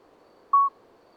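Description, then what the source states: Common midwife toad giving one soft, bell-like piping note at an even pitch against a quiet night hiss. Two common midwife toads singing a discreet single-note song all night until dawn, Lesches-en-Diois, 13 May 2020, after two days of rain, wet vegetation; recorded with Nagra Seven and MKH40.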